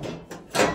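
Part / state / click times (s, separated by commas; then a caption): heater component into rear slots of a sauna heater / not seated / none. A heater component is handled at the rear slots of a sauna heater, with low, muffled handling noise, a faint brief scrape near 0.3 s, and a louder broadband scraping rustle from about 0.55 s to the end. The part has not yet been pushed down to lock, and nothing has seated or clicked yet.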